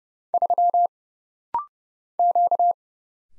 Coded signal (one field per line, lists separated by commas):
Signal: Morse code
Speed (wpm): 30 wpm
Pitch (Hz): 700 Hz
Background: none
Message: 3 Q